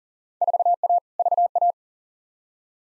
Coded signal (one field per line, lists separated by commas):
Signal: Morse code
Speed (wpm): 38 wpm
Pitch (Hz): 700 Hz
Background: none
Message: 4A VA